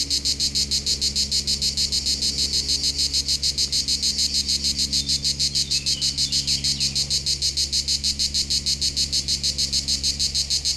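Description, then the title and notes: Cicadas buzzing in a dense, regular pulsing rhythm, high and shrill throughout, over a soft low hum. Local cicadas in full activity on a hot summer day at the foot of the Molard de Vions, Vions, France. "39 Rue De BOVERON, 73310 Vions, France - Rythmique des cigales. Par une chaude journée d'été les cigales locales sont en pleine activité au pied du Molard de Vions"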